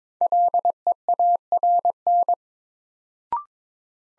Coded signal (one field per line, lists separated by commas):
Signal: Morse code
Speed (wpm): 22 wpm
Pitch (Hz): 700 Hz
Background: none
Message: LEARN